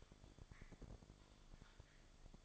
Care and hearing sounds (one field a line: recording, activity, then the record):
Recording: daily activity, microphone in the room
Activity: typing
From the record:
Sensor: 5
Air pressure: 1004.6 hPa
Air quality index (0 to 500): 168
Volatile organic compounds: 4 ppm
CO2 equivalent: 1578 ppm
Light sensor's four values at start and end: 18/43/17/16 and 18/43/17/16